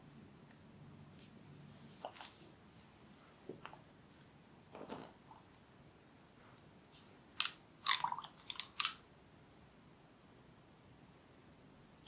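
Hair play and scratching: short bright rustles and scrapes over a quiet hiss, sparse early, then a dense cluster of crisp strokes around eight seconds.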